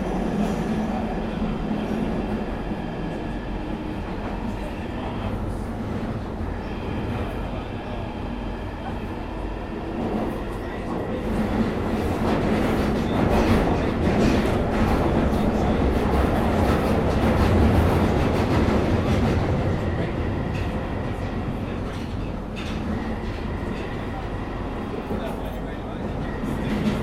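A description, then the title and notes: A train rumbles along with a steady, dense low roar and a constant hum underneath. Around the middle the noise swells louder and rougher, with rapid clattering and rattling from the wheels, then eases back toward the end. International Train Noise Compilation. The diverse sounds of trains from around the world.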